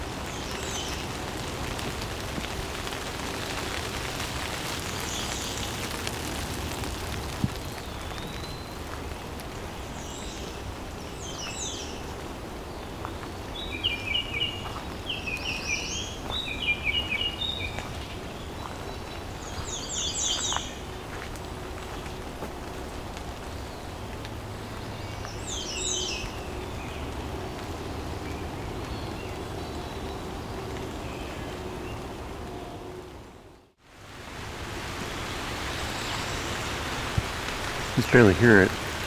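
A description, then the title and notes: Forest ambience in Dundas Valley below the Niagara Escarpment: a steady low rumble with a soft hiss like light rain underneath. Short bird chirps and trills break in every few seconds from about 8 to 28 seconds. Near 34 seconds the sound drops out briefly, then returns with scattered clicks. Today I’m in the Dundas Valley, just below the Niagara Escarpment in Hamilton Ontario, one of the largest remaining Carolinian Forests in the region.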